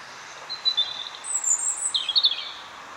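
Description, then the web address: European robin singing: a thin high whistle, then a piercing very high squeaky note, then a jumbled twittering phrase. "SETE Erithacus rubecula"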